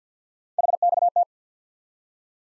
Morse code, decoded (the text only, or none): HXT